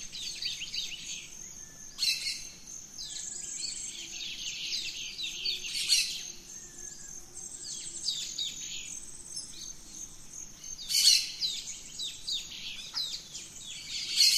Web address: Birds in the Rainforest Dawn Venezuela Gran Sabana